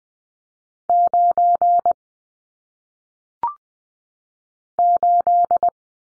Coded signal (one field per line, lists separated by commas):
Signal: Morse code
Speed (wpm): 20 wpm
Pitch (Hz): 700 Hz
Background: none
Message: 9 8